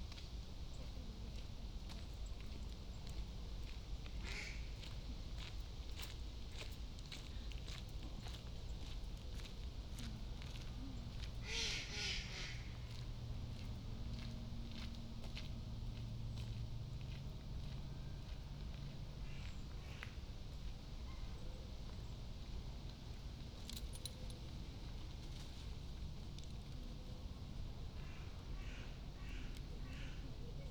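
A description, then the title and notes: A walk through University Parks: steady footsteps over a low traffic rumble, with scattered clicks and a brief bright rustle near twelve seconds. Walking in University Parks. From the back gate at St Anne’s College, in through North Gate, and along North Walk to Lazenbee’s Ground Walk, in the middle of North Walk.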